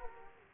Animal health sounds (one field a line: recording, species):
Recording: mosquito wingbeat signal from an infrared sensor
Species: Aedes aegypti